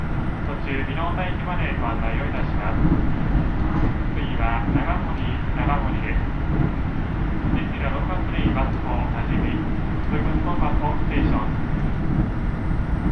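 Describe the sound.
Inside a diesel railcar, a steady low engine rumble fills the cabin while passengers talk continuously throughout the ride.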